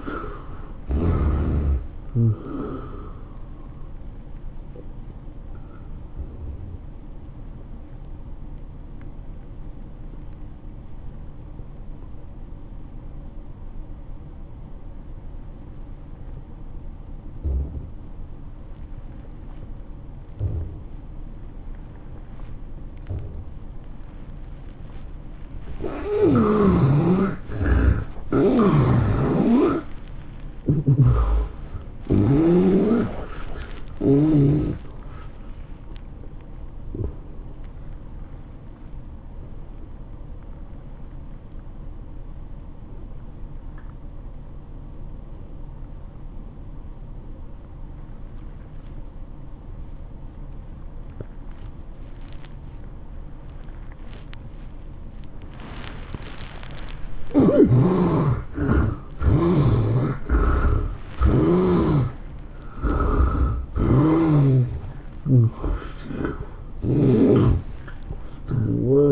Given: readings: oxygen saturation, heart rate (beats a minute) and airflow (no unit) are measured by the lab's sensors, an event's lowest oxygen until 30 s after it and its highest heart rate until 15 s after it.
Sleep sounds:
breathing in sleep by a smartphone at the bedside; 2
8.00-25.60 s: obstructive apnea (N1, oxygen 97% highest, then 72% lowest, heart rate 101 at the start, 114 highest)
39.00-55.90 s: obstructive apnea (N1, oxygen 85% highest, then 74% lowest, heart rate 112 at the start, 112 highest)
From the record:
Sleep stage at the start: N1 (lightest sleep); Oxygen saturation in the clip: 72 to 97%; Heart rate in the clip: 90 to 114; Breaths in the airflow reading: 9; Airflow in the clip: -23.8 to 12.4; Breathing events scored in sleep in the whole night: 403 in 5.5 hours asleep

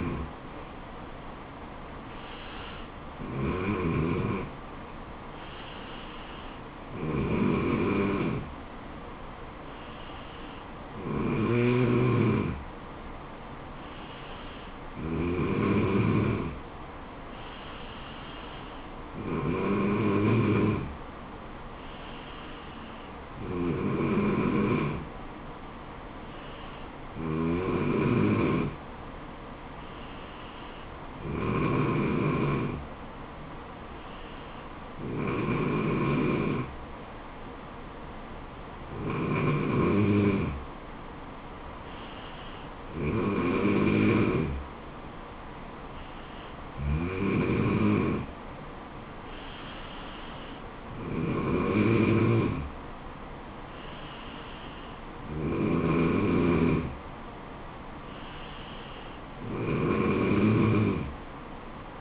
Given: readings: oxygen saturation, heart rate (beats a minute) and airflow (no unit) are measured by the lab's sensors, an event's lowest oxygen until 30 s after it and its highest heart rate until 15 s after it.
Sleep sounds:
breathing in sleep by a voice recorder at the bedside; none
none scored
From the record:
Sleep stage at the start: N3 (deep sleep); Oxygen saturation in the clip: 94 to 95%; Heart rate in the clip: 69 to 76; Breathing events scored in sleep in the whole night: 426 in 7.4 hours asleep

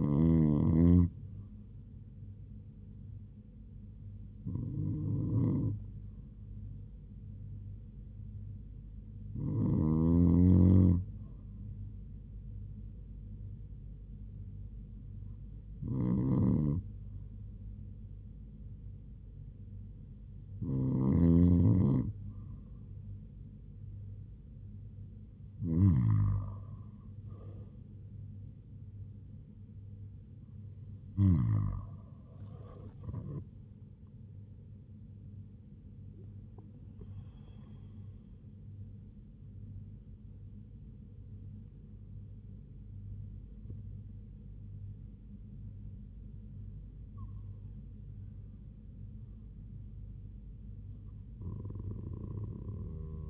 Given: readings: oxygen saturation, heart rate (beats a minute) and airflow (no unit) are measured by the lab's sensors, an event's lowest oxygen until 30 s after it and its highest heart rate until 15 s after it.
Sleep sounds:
breathing in sleep by a smartphone at the bedside; none
none scored
From the record:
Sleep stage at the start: REM sleep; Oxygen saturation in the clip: 95 to 98%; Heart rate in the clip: 73 to 87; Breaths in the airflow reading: 9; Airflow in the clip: -5.7 to 6.5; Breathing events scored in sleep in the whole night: 158 in 7.3 hours asleep

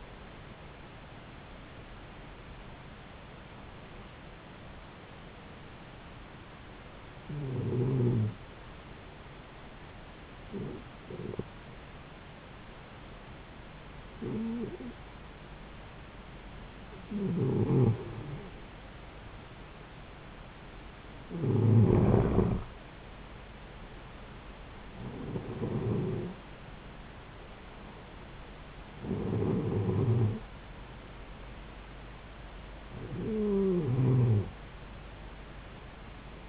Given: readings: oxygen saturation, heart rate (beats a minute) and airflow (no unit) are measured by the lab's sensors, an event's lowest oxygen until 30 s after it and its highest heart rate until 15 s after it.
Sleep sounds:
breathing in sleep by a voice recorder at the bedside; 1
7.00-27.30 s: hypopnea (N2, oxygen 95% highest, then 91% lowest)
From the record:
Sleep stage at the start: N2 (light sleep); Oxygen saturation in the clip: 91 to 95%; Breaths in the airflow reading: 10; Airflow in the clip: -3.8 to 3.9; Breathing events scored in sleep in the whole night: 270 in 6.1 hours asleep

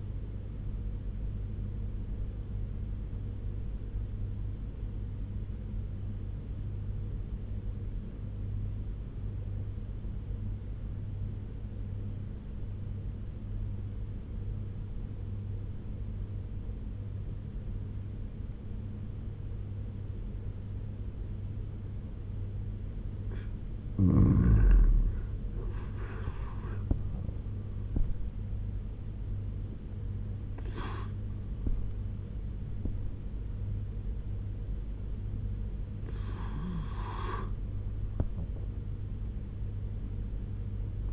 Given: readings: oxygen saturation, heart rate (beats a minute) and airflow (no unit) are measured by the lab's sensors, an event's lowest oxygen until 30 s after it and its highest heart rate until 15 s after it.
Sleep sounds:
breathing in sleep by a smartphone at the bedside; 1
4.00-24.30 s: obstructive apnea (N2, oxygen 95% highest, then 86% lowest, heart rate 74 at the start, 88 highest)
15.00-41.13 s: new sleep stage, N1 (lightest sleep)
From the record:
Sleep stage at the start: N2 (light sleep); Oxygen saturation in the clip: 87 to 95%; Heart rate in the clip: 72 to 88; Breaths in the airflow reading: 4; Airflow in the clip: -6.5 to 9.1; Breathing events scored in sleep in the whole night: 201 in 6.5 hours asleep

